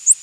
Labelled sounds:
Prothonotary Warbler flight call

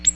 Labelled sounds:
Ovenbird flight call

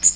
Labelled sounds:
Magnolia Warbler flight call

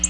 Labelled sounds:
Black-throated Blue Warbler flight call

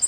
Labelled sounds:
Nashville Warbler flight call

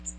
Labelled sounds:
Magnolia Warbler flight call

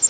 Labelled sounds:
Prairie Warbler flight call

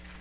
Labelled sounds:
Magnolia Warbler flight call

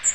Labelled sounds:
Magnolia Warbler flight call

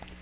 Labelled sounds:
Magnolia Warbler flight call

